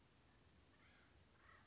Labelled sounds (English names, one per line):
Acorn Woodpecker